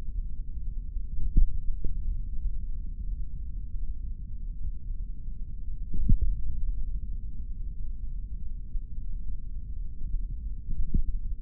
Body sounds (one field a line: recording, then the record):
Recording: forearm muscle sounds (acoustic myography)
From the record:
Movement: finger pinch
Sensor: system 3, bracelet of six PUI Audio POM-2738L microphones around the upper forearm, with dedicated amplification and filtering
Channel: 2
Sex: male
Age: 26 years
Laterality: right